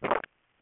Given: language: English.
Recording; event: throat vibration sensor signal played as sound; swallow